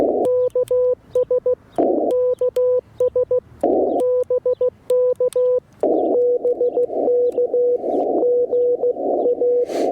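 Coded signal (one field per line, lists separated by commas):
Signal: Morse code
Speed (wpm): 15 wpm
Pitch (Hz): 500 Hz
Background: none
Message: KS KS BK BK GA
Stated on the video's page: Morse sent with US Morse Paddles on a Yaesu FT-891 at 25 watts into a 17-ft whip on a mag-mount, during a POTA-style activation from a hotel.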